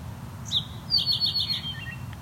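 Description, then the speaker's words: Great Crested Flycatcher call: a short high sweeping note, then a quick run of about five clipped notes and a couple of lower notes, over steady low rumble. Repeated call, at a field edge beside a valley of dogwoods. "That again is the call from the great crested flycatcher."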